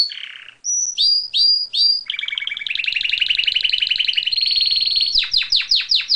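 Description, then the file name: Atlantic canary song: a high whistled note, three rising sweeps, then a long rapid trill climbing in pitch, ending in quick repeated downslurred whistles. "suara kenari"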